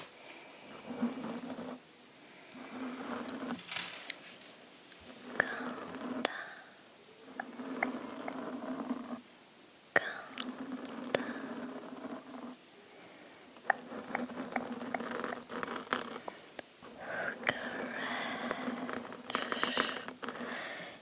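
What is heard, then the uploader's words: Scratching and rubbing hand movements come in uneven bursts with brief pauses and sharp clicks. ASMR Scratching Your Brain With CLAWS. Lots of scratching & hand movements.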